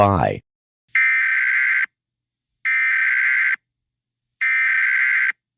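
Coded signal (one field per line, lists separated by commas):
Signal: Emergency Alert System (SAME) tones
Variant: header bursts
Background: speech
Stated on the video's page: Fictional EAS scenario, not a real alert.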